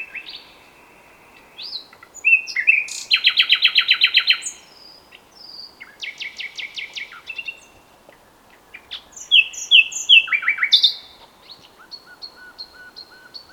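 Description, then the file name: Common nightingale singing varied phrases: fast rattling series, stuttering repeated notes, sweeping whistles and a closing run of even piping notes. "Luscinia megarhynchos"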